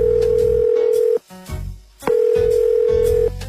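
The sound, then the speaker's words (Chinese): A steady, mid-pitched telephone dial tone hums for about a second, breaks off for a short gap of rustling, then returns just as loud for another second before cutting out, as someone dials to call home. “哎，你别打扰我，我给家里打一电话。”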